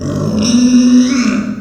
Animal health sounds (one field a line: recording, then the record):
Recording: squeal of a Yucatan mini pig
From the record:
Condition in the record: after surgery on the right vocal fold (resection and tissue-engineered implant)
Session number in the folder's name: 9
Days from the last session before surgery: 65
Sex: female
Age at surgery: 19 weeks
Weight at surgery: 25 kg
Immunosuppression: prednisolone